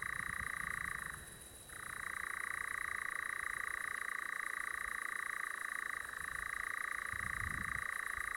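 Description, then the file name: European nightjar song, a continuous dry purring trill that drops in pitch and loudness for about half a second near the start, then runs on steadily for several seconds. "chant engoulevent deurope credit krzysztof stasiak"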